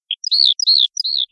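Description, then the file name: Eurasian skylark song fragment: rapid high chirping notes and short slurred warbles, delivered in quick bursts with brief gaps. "Allodola"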